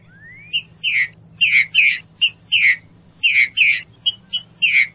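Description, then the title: Green-winged saltator song: loud, rich notes alternating with short sharp chips in a brisk repeated phrase, opening with a rising whistle, over a low steady hum. Classic song used for training. "Canto Clássico Trinca Ferro TREINAMENTO"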